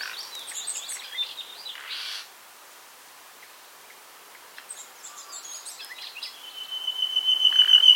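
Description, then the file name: Common nightingale song: busy varied phrases and a harsh burst, a brief lull, then more varied notes and a long pure whistle that swells louder. "Luscinia megarhynchos"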